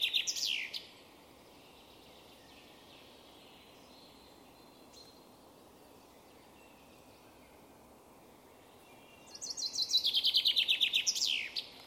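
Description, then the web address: Common chaffinch song: a short phrase at the start, then after long quiet a full descending trill of rapid notes ending in a brief flourish, over steady low background hiss. "Deverinetal"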